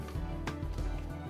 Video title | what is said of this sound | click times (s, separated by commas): How To Change Toner In a Laser Printer (Brother MFC L2700DW) | with that just push it straight in click | 0.5 s